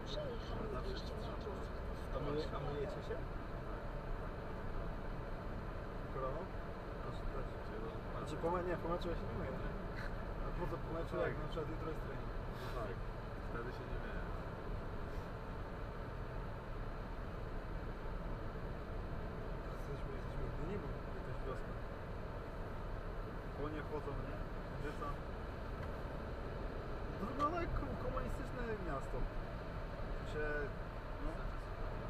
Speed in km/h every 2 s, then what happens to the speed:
52, 55, 54, 54, 54, 52, 51, 51, 50, 52, 51, 50, 52, 57, 58, 58.
0-23 steady at about 52. 23-26 speeds up to 57. 26-32 steady at about 58.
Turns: none.